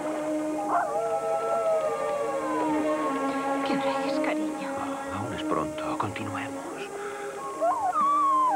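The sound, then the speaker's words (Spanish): A dog howls in long, wavering, mid-pitched cries that slide up and down, drawn out across the whole stretch with brief breaks, over a steady background of other sounds. “Perrito, tranquilo.”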